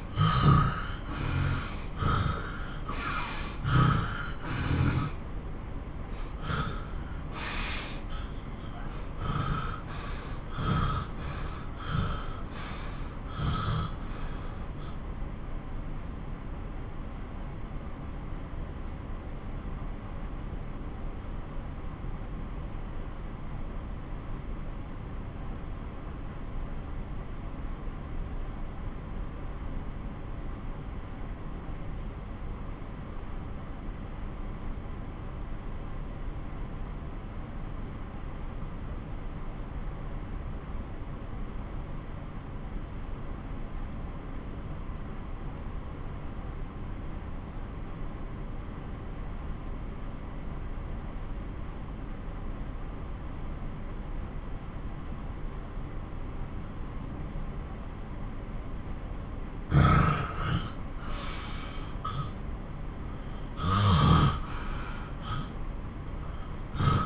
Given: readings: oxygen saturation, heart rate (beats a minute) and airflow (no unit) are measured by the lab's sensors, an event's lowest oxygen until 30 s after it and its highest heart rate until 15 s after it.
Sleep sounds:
breathing in sleep by a smartphone at the bedside; 1
16.00-56.30 s: obstructive apnea (N1, oxygen 97% highest, then 88% lowest)
30.00-60.00 s: new sleep stage, N2 (light sleep)
60.00-67.06 s: new sleep stage, N1 (lightest sleep)
From the record:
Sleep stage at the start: N1 (lightest sleep); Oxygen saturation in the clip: 83 to 97%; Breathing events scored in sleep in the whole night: 217 in 6.3 hours asleep

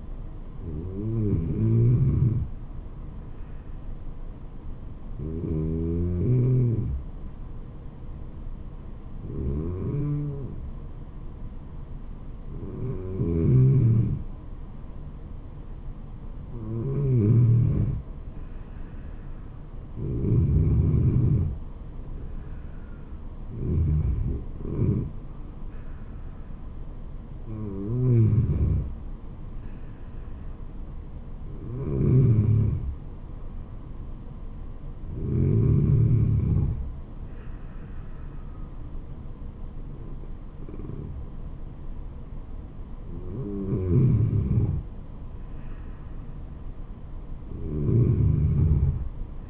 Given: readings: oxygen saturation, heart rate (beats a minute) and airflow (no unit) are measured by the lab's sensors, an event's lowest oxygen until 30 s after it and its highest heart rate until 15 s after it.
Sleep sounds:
breathing in sleep by a smartphone at the bedside; 1
3.00-19.00 s: hypopnea (N2, oxygen 96% highest, then 93% lowest, heart rate 73 at the start, 81 highest)
From the record:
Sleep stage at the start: N2 (light sleep); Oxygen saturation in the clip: 93 to 96%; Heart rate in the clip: 71 to 81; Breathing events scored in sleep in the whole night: 426 in 7.4 hours asleep

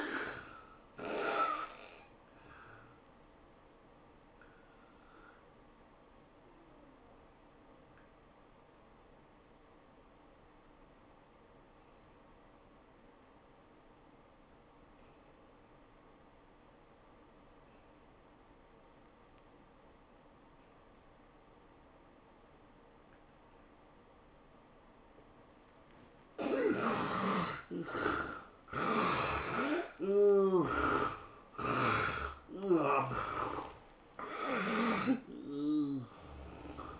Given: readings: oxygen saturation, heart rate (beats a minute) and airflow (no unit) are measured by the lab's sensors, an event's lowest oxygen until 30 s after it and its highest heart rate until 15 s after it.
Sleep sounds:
breathing in sleep by a voice recorder at the bedside; 1
3.00-26.70 s: obstructive apnea (N1, oxygen 94% highest, then 66% lowest, heart rate 110 at the start, 115 highest)
From the record:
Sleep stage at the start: N1 (lightest sleep); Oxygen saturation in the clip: 69 to 94%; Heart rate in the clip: 90 to 115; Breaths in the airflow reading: 4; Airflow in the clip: -19.8 to 11.5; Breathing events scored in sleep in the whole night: 403 in 5.5 hours asleep

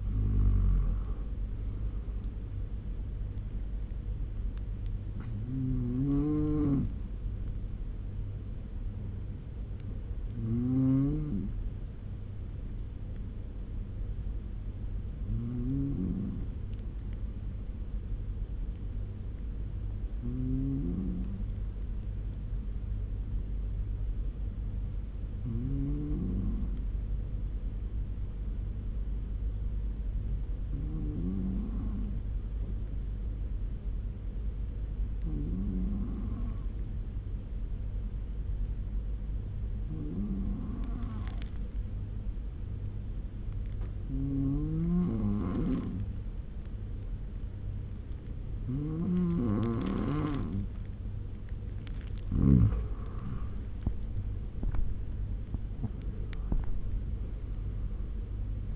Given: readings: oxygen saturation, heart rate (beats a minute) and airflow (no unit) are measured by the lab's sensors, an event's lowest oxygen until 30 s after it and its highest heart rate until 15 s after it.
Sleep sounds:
breathing in sleep by a smartphone at the bedside; 1
9.00-39.00 s: new sleep stage, N1 (lightest sleep)
17.00-51.00 s: hypopnea (N1, oxygen 97% highest, then 92% lowest, heart rate 75 at the start, 87 highest)
39.00-58.76 s: new sleep stage, N2 (light sleep)
From the record:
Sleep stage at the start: N2 (light sleep); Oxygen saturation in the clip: 93 to 97%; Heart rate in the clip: 69 to 87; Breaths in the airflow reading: 13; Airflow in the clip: -8.9 to 11.5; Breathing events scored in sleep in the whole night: 201 in 6.5 hours asleep

